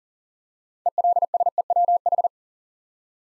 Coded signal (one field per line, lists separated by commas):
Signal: Morse code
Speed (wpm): 40 wpm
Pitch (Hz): 700 Hz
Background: none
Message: ELSEWH